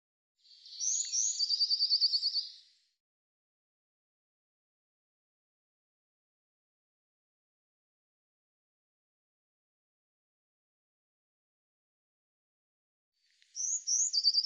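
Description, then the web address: Eurasian blue tit call: a couple of high thin notes running into a fast buzzy trill, given twice about thirteen seconds apart with silence between. "cianscape birddata Deverinetal 2025 File cleaned normalized Bird Cy Ca"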